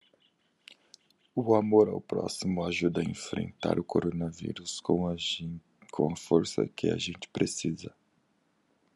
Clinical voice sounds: spoken sentence; Brazilian Portuguese; male; 20 to 29 years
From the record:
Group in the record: control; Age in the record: 29 years

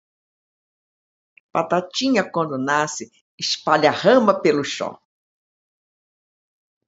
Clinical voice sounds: short text; Brazilian Portuguese; female; 70 to 79 years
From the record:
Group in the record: control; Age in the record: 74 years

